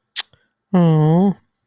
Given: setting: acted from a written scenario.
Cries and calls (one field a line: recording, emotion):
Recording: vocal sound without words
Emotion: embarrassment